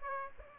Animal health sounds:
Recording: mosquito wingbeat signal from an infrared sensor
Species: Aedes aegypti

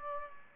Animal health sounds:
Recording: mosquito wingbeat signal from an infrared sensor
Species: Aedes aegypti

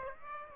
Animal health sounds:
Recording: mosquito wingbeat signal from an infrared sensor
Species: Aedes aegypti

